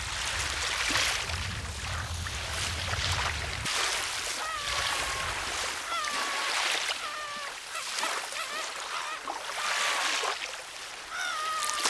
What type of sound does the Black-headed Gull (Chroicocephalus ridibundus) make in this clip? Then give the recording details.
call. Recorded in the wild. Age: adult. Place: Kölpinsee, Insel Usedom, Mecklenburg-Vorpommern, DE. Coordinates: 54.035, 14.0311. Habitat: Baltic Sea, beach. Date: 1983-09-17 14:13. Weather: sunny. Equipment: Nagra SN, Sennheiser MKH 416 T, Kopie Uher 4000 Report Monitor. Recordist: Tembrock, Günter. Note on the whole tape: Zwei Tiere mit Imponierstellung und "Stösseln". Ostsee zwischen Kölpinsee und Koserow